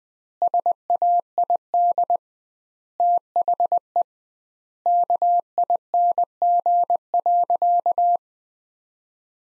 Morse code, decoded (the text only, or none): SAID THE KING.